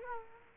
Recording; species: mosquito wingbeat signal from an infrared sensor; Culex quinquefasciatus